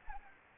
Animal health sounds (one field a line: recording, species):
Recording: mosquito wingbeat signal from an infrared sensor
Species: Anopheles gambiae